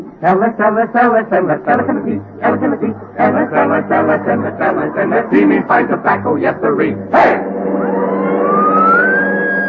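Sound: police car siren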